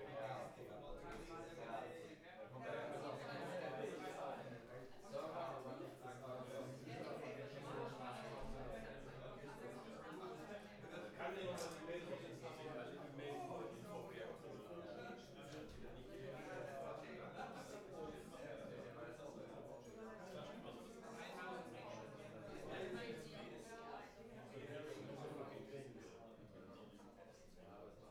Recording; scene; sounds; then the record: everyday scene through a hearing-aid microphone; many people talking; many voices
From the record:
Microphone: behind the ear, left, front